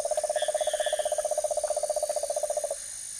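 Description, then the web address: Cane toad giving a rapid low pulsed trill at even pitch that stops abruptly near the end, leaving a soft insect background. Recorded in the Ecuadorian Amazon. "Frogs of Ecuadorian Amazon Bufo marinus"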